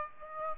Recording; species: mosquito wingbeat signal from an infrared sensor; Aedes aegypti